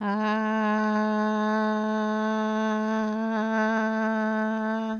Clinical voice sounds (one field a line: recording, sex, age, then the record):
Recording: sustained vowel /a/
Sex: female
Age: 60 to 69 years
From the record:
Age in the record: 61 years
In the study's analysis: included